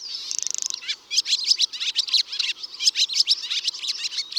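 Barn swallow song: a brief buzzy rattle opens, then a quick run of high twittering, chattering notes with sharp rising and falling squeaks.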